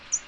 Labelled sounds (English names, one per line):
American Redstart flight call